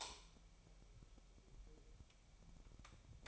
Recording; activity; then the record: daily activity, microphone in the room; light on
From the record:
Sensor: 1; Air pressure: 1001.9 hPa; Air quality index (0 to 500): 249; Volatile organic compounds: 54 ppm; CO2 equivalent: 3351 ppm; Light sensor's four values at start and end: 5/11/4/5 and 9/28/10/12